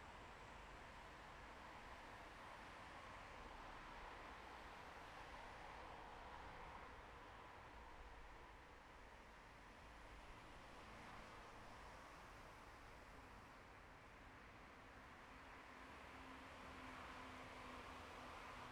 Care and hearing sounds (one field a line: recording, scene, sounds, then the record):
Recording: everyday scene through a hearing-aid microphone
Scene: in traffic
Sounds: traffic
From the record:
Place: bus stop on a city main road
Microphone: behind the ear, left, front